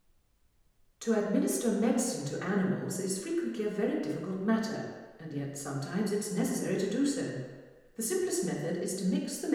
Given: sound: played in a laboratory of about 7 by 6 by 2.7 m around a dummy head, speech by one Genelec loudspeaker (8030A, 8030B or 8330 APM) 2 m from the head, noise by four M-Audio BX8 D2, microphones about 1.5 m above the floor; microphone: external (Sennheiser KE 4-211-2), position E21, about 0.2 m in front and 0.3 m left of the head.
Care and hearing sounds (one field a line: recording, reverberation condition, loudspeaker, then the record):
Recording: female speech in English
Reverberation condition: high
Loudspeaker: 120 degrees to the left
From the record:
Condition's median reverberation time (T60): about 1300 ms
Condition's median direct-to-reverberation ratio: about -4.0 dB